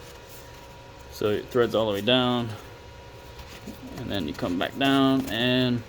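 Someone talks while handling the coolant expansion tank cap on the reservoir neck of a 2015 VW Passat, threading it all the way down and then turning it back. The cap has not clicked shut yet, and nothing has seated by the end of the clip.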